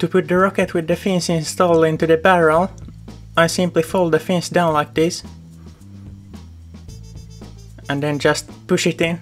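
A water rocket with its fins installed is readied for a launcher barrel: the fins are folded down and the rocket is lined up with the barrel before being pushed in. Someone talks over steady background music, with a brief soft sound at about 7.8 s. Nothing has seated or clicked yet.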